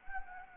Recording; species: mosquito wingbeat signal from an infrared sensor; Anopheles gambiae